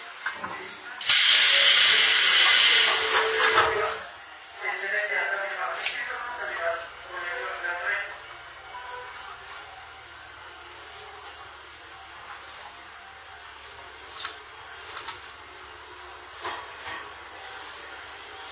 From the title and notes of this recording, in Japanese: 伊豆箱根鉄道3000系(鋼製車) 修善寺〜三島。車体は20ｍ級3扉車。